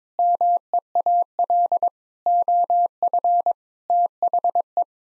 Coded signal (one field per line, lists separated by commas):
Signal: Morse code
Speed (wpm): 21 wpm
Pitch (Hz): 700 Hz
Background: none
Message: MEAL OF THE